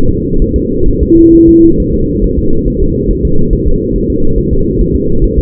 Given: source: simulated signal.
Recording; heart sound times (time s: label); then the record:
fetal heart sounds
0.09 s: S2
0.42 s: S1
0.56 s: S2
0.88 s: S1
1.03 s: S2
1.35 s: S1
1.49 s: S2
1.80 s: S1
1.94 s: S2
2.24 s: S1
2.38 s: S2
2.68 s: S1
2.82 s: S2
3.11 s: S1
3.25 s: S2
3.53 s: S1
3.67 s: S2
3.96 s: S1
4.10 s: S2
4.38 s: S1
4.53 s: S2
4.81 s: S1
4.95 s: S2
5.24 s: S1
5.38 s: S2
From the record:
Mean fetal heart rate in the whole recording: 135 bpm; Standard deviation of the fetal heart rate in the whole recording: 3 bpm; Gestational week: 36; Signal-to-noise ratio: -17.7 dB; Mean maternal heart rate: 72 bpm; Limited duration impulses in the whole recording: present